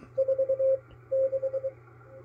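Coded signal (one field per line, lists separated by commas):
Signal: Morse code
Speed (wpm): 23 wpm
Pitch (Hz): 530 Hz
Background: radio noise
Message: 4 6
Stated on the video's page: KPH San Francisco coast station, received on a MALAHITEAM DSP-2 SDR receiver.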